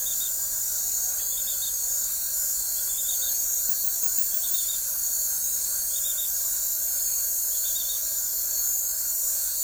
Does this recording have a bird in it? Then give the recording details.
no. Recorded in forest near Pivijay, Magdalena, Colombia, on 2 June 2023 at 21:00. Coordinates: 10.467, -74.380. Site Z5-G034